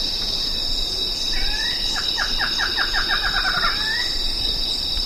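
Bird trill: a rapid series of stuttering downslurred notes lasting about two seconds after a brief opening note, over a steady buzzing insect chorus.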